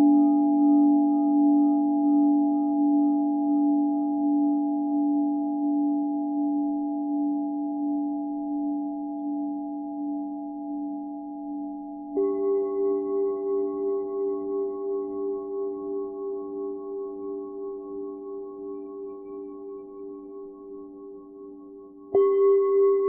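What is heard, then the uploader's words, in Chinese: A singing bowl rings with a deep, lingering tone that slowly fades over about twelve seconds, its sound gently pulsing. Around twelve seconds a second, higher strike joins and rings out, decaying steadily, and a third bright strike lands near the end. 采用当地七种金属及天然矿石，经由手工凿击而成。颂钵深沉悠远的铿锵声。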